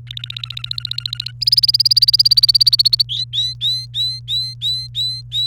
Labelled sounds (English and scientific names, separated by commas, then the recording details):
Domestic Canary (Serinus canaria) song
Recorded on 28 April 2018 at 14:10
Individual llb3